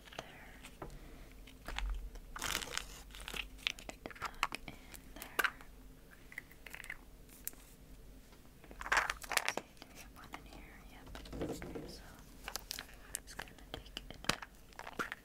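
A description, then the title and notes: Irregular tapping and scratching on an egg shell, with sharp clicks and brief crunchy bursts around 2, 9 and 11 seconds over a low hum. ASMR Easter Triggers To Help You Fall Asleep (tapping, scratching, egg sounds).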